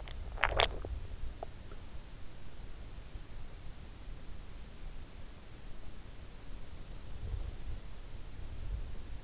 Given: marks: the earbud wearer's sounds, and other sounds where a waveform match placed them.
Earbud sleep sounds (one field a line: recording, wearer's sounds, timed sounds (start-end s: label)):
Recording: sounds in sleep by an in-ear microphone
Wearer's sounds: swallowing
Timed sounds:
0.23-1.67 s: swallowing